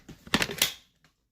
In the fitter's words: you hear it click in to front and back, kind of click in